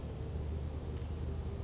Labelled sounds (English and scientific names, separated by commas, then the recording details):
Western Flycatcher (Empidonax difficilis)
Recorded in Sonoma County, California